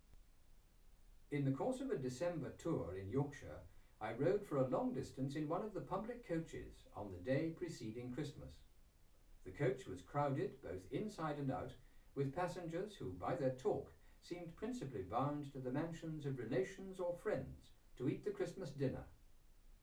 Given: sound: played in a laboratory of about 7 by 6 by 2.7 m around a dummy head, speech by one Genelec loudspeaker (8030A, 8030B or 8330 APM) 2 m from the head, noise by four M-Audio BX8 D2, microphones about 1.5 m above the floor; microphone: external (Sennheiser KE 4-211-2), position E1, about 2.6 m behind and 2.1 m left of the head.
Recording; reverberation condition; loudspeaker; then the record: male speech in English; low; 90 degrees to the right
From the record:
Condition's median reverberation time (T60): about 310 ms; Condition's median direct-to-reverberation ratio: about 3.5 dB